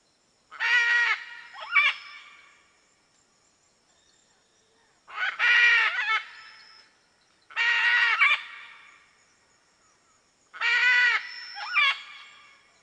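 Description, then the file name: Red-and-green macaw giving loud, grating squawks, four harsh bursts spaced about two to five seconds apart, some ending in a brief second rasp. "Canto da Arara vermelha"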